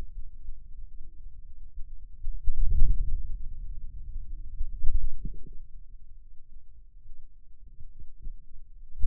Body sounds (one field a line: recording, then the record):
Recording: forearm muscle sounds (acoustic myography)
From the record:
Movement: wrist flexion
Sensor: system 2, bracelet of six BSWA MPA416 microphones around the upper forearm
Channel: 5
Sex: male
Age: 22 years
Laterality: right